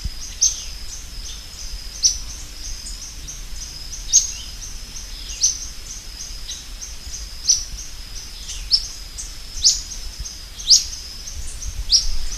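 Bird calling with brief, very high, sharp notes repeated every one to two seconds over a steady high hum and low rumble.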